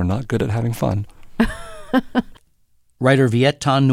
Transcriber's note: laughter